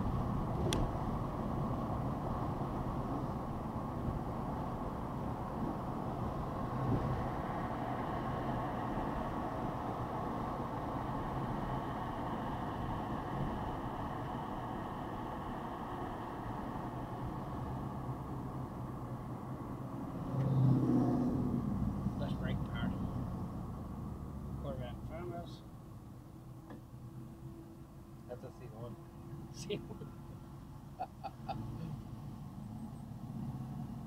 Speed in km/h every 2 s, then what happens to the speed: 64, 63, 61, 58, 56, 53, 48, 47, 47, 45, 42, 35, 24, 13, 5, 3, 3.
0-34 slows to 3.